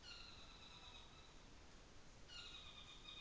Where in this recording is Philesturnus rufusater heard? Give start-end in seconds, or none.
0.00-1.51, 2.13-3.21